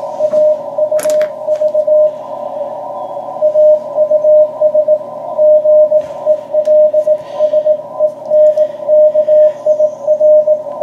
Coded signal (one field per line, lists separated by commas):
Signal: Morse code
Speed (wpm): 18 wpm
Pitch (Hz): 610 Hz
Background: radio noise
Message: AUV AUS GELSENKIR